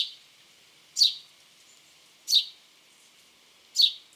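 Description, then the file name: House sparrow giving single sharp chirps, three clear ones roughly every one and a half seconds after a clipped note at the start, over a quiet background. "Passer domesticus"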